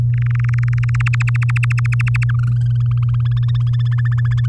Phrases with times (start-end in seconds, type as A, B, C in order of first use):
0.14-1.08 A, 1.13-2.24 B, 2.29-3.22 C, 3.25-4.46 D